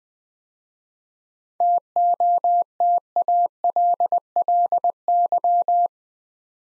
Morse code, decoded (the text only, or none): TOTALLY